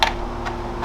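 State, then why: Not seated. An 18V Ryobi ONE+ battery pack is handled and slid toward the back of a Ryobi ONE+ P750 18V Hybrid Transfer Pump. Short plastic handling knocks are heard near 0.0 s, 0.5 s and 0.85 s over a steady low hum. Nothing has seated or clicked yet.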